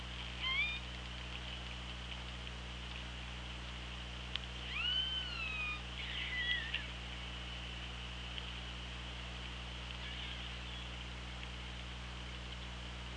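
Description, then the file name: Orca calls, a quick rising whine, then a pair of harmonic mewing calls with falling tails a few seconds later, and a faint call near the end, over low hum. Recorded on the OrcaLab hydrophone, 24 August 2017 at 16:56. "Orca Lab UTLN JASON 20170824 165633"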